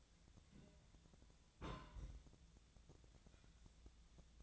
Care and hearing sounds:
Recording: daily activity, microphone in the room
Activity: place on stove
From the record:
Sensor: 3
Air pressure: 1009.9 hPa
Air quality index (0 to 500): 188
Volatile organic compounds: 14 ppm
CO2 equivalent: 2454 ppm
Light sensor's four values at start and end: 42/104/45/48 and 42/104/45/48

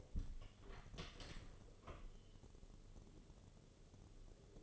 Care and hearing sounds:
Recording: daily activity, microphone in the room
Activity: open door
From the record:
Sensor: 4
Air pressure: 1016.0 hPa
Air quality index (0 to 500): 200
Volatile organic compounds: 11 ppm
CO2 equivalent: 2282 ppm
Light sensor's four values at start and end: 9/20/8/7 and 9/20/8/7

